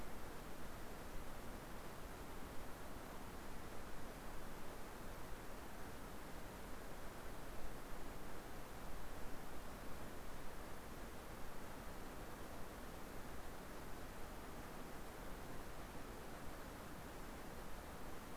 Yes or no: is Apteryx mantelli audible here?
no